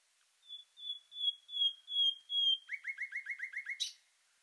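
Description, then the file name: Common nightingale song: a series of pure whistled notes that swell in loudness, then a fast run of repeated chirps ending in a sharp flourish. "Luscinia megarhynchos"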